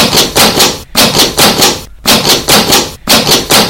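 Violent pounding on a room door with both fists: loud, rapid, heavy blows come in three frantic bursts separated by brief pauses, with no voices.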